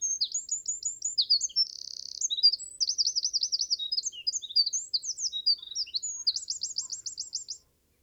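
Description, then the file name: Eurasian wren delivering an unbroken seven-second song of piercing high notes, buzzy rattles and fast trills, ending in a rapid run. "Troglodytes troglodytes"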